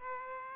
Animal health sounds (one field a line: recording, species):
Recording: mosquito wingbeat signal from an infrared sensor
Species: Aedes aegypti